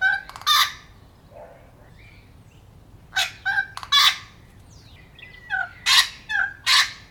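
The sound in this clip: Wattlebird calls: coarse, cackling bursts in irregular groups of several, with softer squeaks and whistles between.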